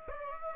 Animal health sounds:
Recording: mosquito wingbeat signal from an infrared sensor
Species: Aedes aegypti

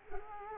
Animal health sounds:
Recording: mosquito wingbeat signal from an infrared sensor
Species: Culex quinquefasciatus

